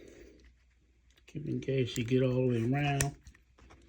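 A threaded muzzle compensator is handled on a pistol barrel's threads, with its indexing lever still to re-engage. Someone talks over faint small handling ticks. Nothing has seated or clicked into place yet.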